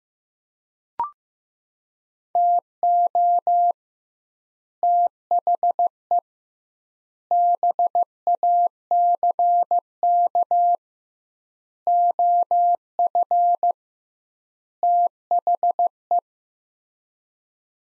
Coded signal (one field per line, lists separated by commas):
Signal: Morse code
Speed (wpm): 15 wpm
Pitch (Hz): 700 Hz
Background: none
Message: TO THE BACK OF THE